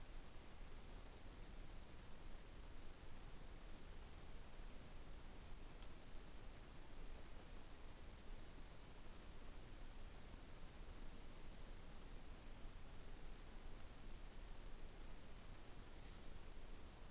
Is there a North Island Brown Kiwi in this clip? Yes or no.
no